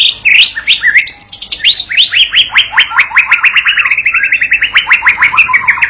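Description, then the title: White-rumped shama song: a few rich whistled, slurred phrases, then a long fast run of sharp, downslurred chipping notes, many per second, carrying on to the end. Lure master recording (masteran pancingan) played to teach a young bird to sing continuously (gacor) and prompt it to answer at once. "MURAI BATU PAUD BELAJAR GACOR, AJARI DENGAN MASTERAN PANCINGAN INI, PANCING LANGSUNG NYAUT"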